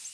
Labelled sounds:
Ovenbird (Seiurus aurocapilla) flight call

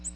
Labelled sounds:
Ovenbird (Seiurus aurocapilla) flight call

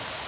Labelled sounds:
Bay-breasted Warbler (Setophaga castanea) flight call

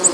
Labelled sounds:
Black-throated Green Warbler (Setophaga virens) flight call

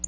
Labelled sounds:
Black-throated Blue Warbler (Setophaga caerulescens) flight call

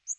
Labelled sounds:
Northern Waterthrush (Parkesia noveboracensis) flight call

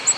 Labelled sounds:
Ovenbird (Seiurus aurocapilla) flight call

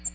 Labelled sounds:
American Redstart (Setophaga ruticilla) flight call

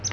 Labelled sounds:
Palm Warbler (Setophaga palmarum) flight call

